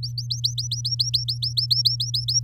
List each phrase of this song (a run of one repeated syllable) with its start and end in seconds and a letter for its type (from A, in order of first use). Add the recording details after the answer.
0.03-2.40 A. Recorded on 10 May 2018 at 17:09. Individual llb16